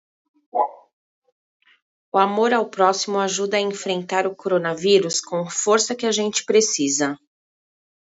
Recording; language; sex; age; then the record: spoken sentence; Brazilian Portuguese; female; 40 to 49 years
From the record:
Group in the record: control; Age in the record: 41 years